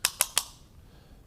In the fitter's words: and the rule of thumb is three clicks